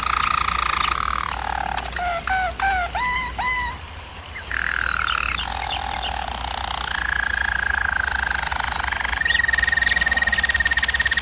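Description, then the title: German Roller canary song: low rolls, a run of repeated upswept notes, then smooth continuous trills rising to a steady high roll. Used as a canary training recording. "German Roller Canary Singing - Canary Training Vid"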